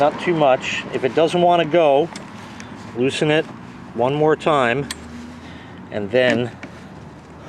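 Someone talks while handling the cam lock lever on the handle joint of a PowerSmart DB2401 40 Volt cordless electric snowblower, loosening the knob before pushing the lever closed with a little more force. Nothing has seated or clicked yet; the lever has not locked the handle in place by the end of the clip.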